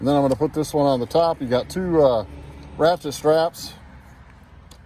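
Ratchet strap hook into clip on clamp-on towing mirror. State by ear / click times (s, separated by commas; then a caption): seated / 4.7 s. Someone talks about fitting the top ratchet strap on a K Source 3891 clamp-on universal truck towing mirror. The strap hook is pushed into its clip on the mirror. The clip pops into place with a small, quiet click at 4.7 seconds, and the strap is seated.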